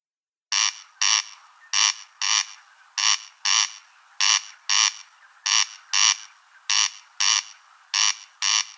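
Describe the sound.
Corn crake rasping call: dry, buzzy double notes, crex-crex, repeated steadily about every 1.2 seconds in an even series.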